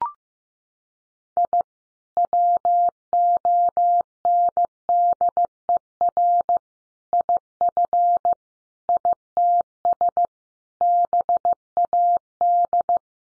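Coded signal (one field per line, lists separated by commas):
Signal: Morse code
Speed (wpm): 15 wpm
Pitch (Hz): 700 Hz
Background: none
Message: I WONDER IF ITS BAD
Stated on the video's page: Morse sentence drill built from the top 700 words, sent at 15 wpm for head-copy practice; each sentence is sent, spoken, then sent again.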